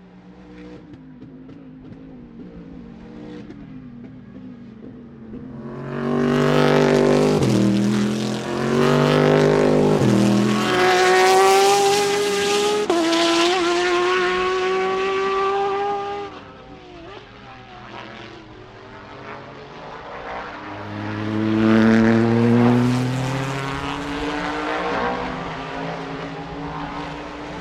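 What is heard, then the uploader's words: Racing engines snarl past, swelling loud from about six to sixteen seconds with climbing pitch, then fading before another roaring pass near twenty-two seconds. Sounds of Rolex 24 At Daytona Qualifying. It's an ambient racing audio feature captured during qualifying for January's Rolex 24 At Daytona where IMSA's GT Daytona, GT Le Mans, and DPi/LMP2 classes hit the track for individual sessions. The amazing sounds produced by the exotic models in IMSA's WeatherTech SportsCar Championship.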